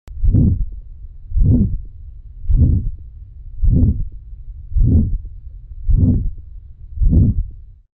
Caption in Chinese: 异常的心音。 第二段你就可以比较明显的听到一种呜呜，而不是扑通。 这就表示说它的血流其实不是很顺畅。 那才会产生这种这样子拖泥带水的声音。